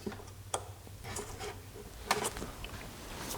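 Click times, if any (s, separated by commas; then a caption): 0.5 s. An electrical connector is pushed back onto the idle air control housing of a GM 3.4L V6 engine and clicks into place at 0.5 s. Further short knocks and rattles follow around 2.1 to 2.7 s as the housing is tugged to check it. The connector is seated and locked.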